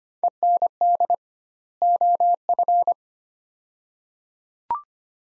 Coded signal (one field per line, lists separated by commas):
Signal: Morse code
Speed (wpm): 25 wpm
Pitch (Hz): 700 Hz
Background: none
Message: END OF